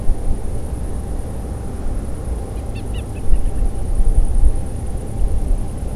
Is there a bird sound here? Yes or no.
yes